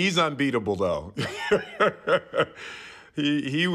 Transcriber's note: laughter